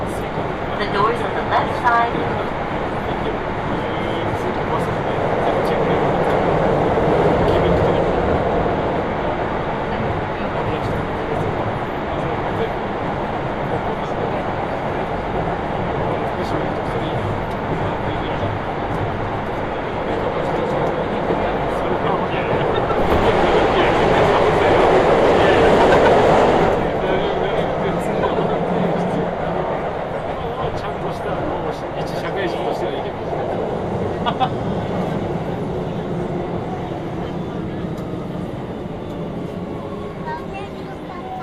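A ride aboard a Hokuso Railway train continuing onto the Toei Asakusa Line, with a steady rumble, rail clatter, speech, and a louder surge around 23–27 seconds.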